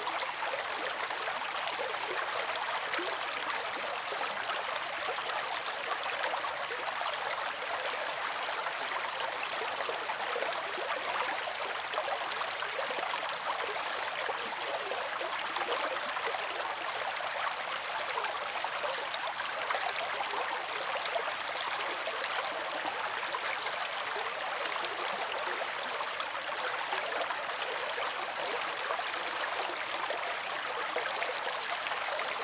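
A babbling brook runs steadily for the whole stretch, its dense, crisp splashing and trickling sitting high and bright with very little low rumble. The flow stays even, with no pauses or distinct events breaking the continuous rush.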